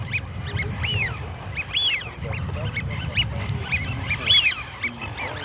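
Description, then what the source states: Eurasian wigeon whistles from a flock: repeated arched, rising-falling whistled calls from several birds overlapping, with a low rumbling background. From Russia; hunting lure sound for an electronic decoy caller.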